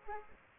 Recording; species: mosquito wingbeat signal from an infrared sensor; Aedes aegypti